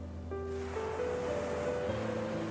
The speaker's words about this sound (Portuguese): Sinta o ritmo das ondas sincronizado com a sua respiração. Inspire, a onda vem. Expire, a onda vai.